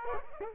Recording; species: mosquito wingbeat signal from an infrared sensor; Culex quinquefasciatus